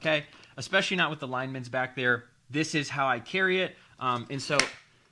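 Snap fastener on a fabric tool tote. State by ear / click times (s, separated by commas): not seated / none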